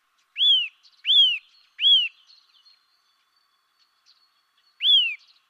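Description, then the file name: Eurasian nuthatch with three rising-then-falling piping calls, a pause, and one final call; faint soft notes in between. "Sitta europaea"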